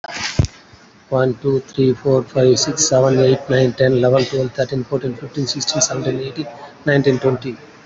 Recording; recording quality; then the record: counting at a fast pace; excellent, no background noise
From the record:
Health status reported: COVID-19 positive, moderate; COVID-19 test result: positive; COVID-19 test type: RT-PCR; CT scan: taken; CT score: 6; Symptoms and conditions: fever, fatigue, muscle pain, diarrhoea, hypertension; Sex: male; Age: 45 years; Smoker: no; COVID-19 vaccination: one dose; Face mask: worn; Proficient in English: yes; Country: India